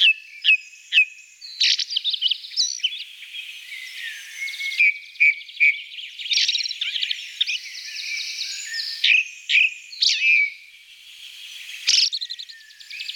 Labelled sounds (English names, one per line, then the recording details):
Ring Ouzel song
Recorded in the wild
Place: Kandel /Schwarzwald; Waldkirch, Baden-Württemberg, DE
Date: 1983-06-04
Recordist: Schwarz, Dieter